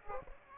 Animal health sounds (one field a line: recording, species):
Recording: mosquito wingbeat signal from an infrared sensor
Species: Aedes aegypti